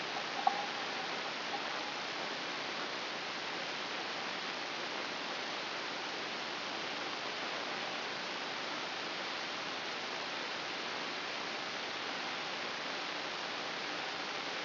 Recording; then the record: brain microelectrode recording played as sound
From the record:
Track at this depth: outside the subthalamic nucleus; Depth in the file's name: 7.727 mm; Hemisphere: right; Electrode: 2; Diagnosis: Parkinson's disease